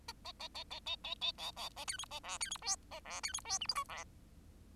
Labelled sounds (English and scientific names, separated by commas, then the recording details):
Bengalese Finch (Lonchura striata domestica) song
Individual Bird10